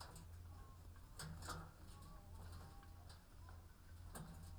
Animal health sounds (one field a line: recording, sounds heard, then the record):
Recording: poultry house recording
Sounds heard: sick chickens (respiratory disease)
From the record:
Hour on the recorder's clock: 14